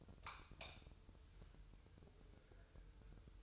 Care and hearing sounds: daily activity, microphone in the room; light off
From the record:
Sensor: 2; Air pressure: 988.3 hPa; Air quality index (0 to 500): 191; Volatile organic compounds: 185 ppm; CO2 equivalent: 4161 ppm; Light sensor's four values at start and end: 11/34/13/13 and 6/16/6/7

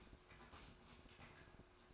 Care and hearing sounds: daily activity, microphone in the room; typing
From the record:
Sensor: 2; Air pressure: 1004.3 hPa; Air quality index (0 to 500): 188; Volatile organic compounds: 10 ppm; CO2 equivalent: 2250 ppm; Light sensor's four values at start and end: 4/11/4/4 and 4/11/4/4

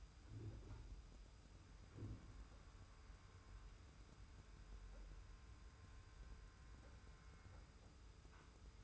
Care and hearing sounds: daily activity, microphone in the room; wipe stove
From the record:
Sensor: 2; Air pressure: 991.3 hPa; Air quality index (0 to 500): 149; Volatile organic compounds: 418 ppm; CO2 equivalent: 4700 ppm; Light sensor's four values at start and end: 39/113/45/43 and 40/113/45/43

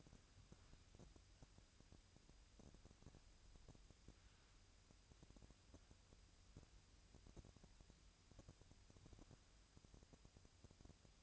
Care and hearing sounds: daily activity, microphone in the room; wipe stove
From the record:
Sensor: 2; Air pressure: 1003.1 hPa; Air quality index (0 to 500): 200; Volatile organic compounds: 6 ppm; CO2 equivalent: 1898 ppm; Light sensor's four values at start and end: 9/22/9/10 and 9/22/9/10

